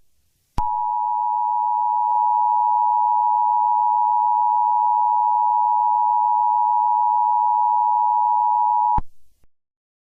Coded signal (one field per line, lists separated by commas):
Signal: Emergency Alert System (SAME) tones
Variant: 853 and 960 Hz attention tone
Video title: Real Life EAS Scenario: The Coronavirus pt. 4, Curfew in Puerto Rico #coronavirus